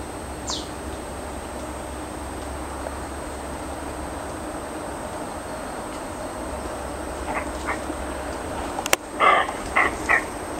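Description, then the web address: Roe deer giving short, rough calls near the end, two faint ones and then a quick series of three louder ones, after a brief high thin whistle at the start, a long quiet stretch and a sharp click. "Odgłos sarny"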